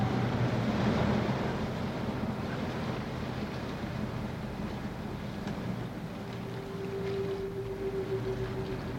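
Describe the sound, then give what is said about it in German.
A motorboat with its engine stopped drifts in the current on open water, with steady rushing wind and lapping waves, a low rumbling hum underneath and a faint sustained tone emerging toward the end. No one speaks. “Stopp den Motor. Ja. Die Strömung, die treibt uns direkt darauf zu.”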